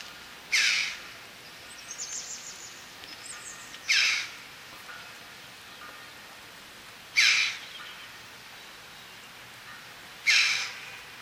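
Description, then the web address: Red-billed chough repeating a harsh, high-pitched call four times, about every three seconds, with fainter chattering notes in between over low hiss. "Gracchio corallino"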